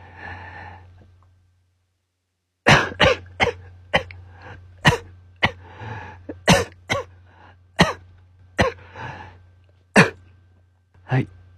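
Adult man with a typical seasonal cold, with nose and throat inflammation, coughing in a run of about eleven sharp, explosive bursts. The cold began with a sore throat, followed by hoarseness, nasal congestion and cough. The cough is severe at night and is now improving.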